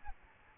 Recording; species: mosquito wingbeat signal from an infrared sensor; Aedes albopictus